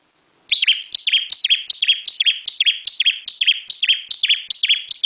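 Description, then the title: Bar-winged prinia song: quick, repeated chirpy notes, each falling in pitch, delivered at a brisk, slightly uneven pace of about two and a half per second. Singing described as 'semi super gacor'. "Ciblek Semi Super Gacor"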